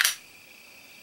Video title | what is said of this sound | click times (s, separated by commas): First Impression Double Feature! | But not only that, I love the sheath. It has a very satisfying click | 0.0 s